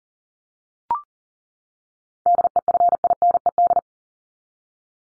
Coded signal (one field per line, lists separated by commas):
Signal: Morse code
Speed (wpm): 40 wpm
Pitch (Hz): 700 Hz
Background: none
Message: DEFINED